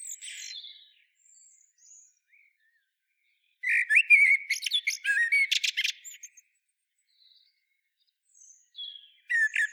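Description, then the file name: Common blackbird giving a loud jumbled run of squeaky, chattering notes midway, with softer twitters before and a brief burst at the end. "Turdus merula"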